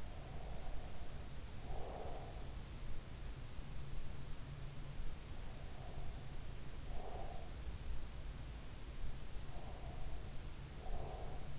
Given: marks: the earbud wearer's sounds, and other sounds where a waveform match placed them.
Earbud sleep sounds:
sounds in sleep by an in-ear microphone; breath
0.00-2.64 s: breath
5.29-7.51 s: breath
9.36-11.58 s: breath

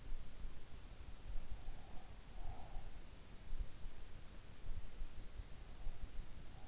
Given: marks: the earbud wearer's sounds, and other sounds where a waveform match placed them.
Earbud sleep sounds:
sounds in sleep by an in-ear microphone; breath
1.29-3.42 s: breath

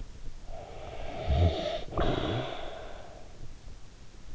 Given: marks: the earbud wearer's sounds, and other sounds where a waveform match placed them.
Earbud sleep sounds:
sounds in sleep by an in-ear microphone; snoring breath
0.23-3.43 s: snoring breath

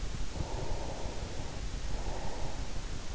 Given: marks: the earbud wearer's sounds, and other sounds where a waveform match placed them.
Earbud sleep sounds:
sounds in sleep by an in-ear microphone; breath
0.51-3.11 s: breath

